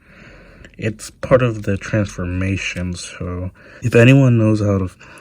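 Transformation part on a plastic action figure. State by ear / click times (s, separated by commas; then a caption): not seated / none. Someone talks while working a transformation joint on a small plastic Transformers Earthrise Cliffjumper robot figure, which does not lock into any position. A faint plastic tap is heard at about 0.7 s, and nothing has clicked or locked into place.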